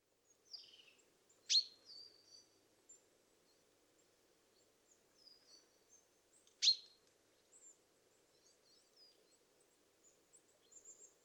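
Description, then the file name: Common chaffinch calling with two sharp, abrupt notes about five seconds apart, amid faint high twittering from other birds and a low background hum. "Fringilla coelebs"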